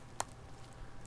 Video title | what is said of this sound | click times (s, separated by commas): MALICE CLIPS Overview | push the loose end in, and you'll hear it and probably see it there snap into place. | 0.2 s